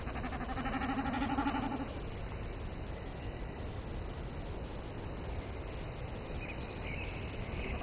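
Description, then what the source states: Common snipe drumming, one pulsed, bleating hum of about two seconds at the start, then only steady background hiss. Display flight of the male, recorded in Kainuu a year earlier.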